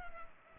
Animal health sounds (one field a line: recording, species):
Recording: mosquito wingbeat signal from an infrared sensor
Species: Culex pipiens